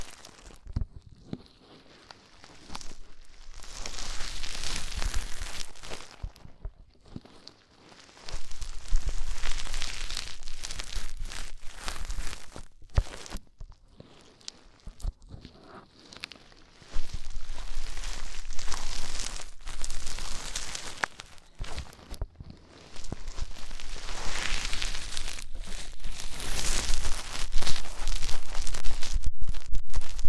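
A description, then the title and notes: Ear cleaning sounds in bursts of dense crackling, scratching and rustling, separated by brief quiet pauses, with a low rumble underneath. ASMR INTENSE Deep Ear Cleaning (No Talking).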